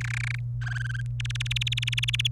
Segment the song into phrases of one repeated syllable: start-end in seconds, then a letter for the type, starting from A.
0.01-0.39 A, 0.61-1.01 B, 1.20-2.27 C